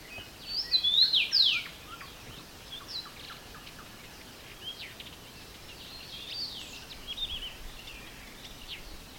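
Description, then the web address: Several birds sing against constant hissing background noise, with loud clear whistled slurs early on, then fainter chirps, trills and short whistles throughout. Multiple birds singing in an aspen forest in spring. "multi voiced bird singing in the spring aspen forest"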